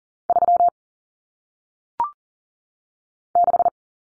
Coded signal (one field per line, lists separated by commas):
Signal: Morse code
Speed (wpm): 40 wpm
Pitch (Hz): 700 Hz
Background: none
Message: 3 6